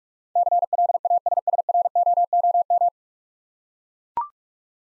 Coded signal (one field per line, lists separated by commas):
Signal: Morse code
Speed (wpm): 44 wpm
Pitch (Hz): 700 Hz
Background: none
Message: CLASSROOM